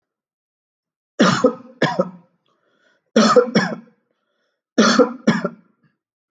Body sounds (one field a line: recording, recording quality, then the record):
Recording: heavy voluntary cough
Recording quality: excellent, no background noise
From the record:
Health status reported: healthy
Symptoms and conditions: none ticked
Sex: male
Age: 57 years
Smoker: not ticked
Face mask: not worn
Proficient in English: yes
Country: India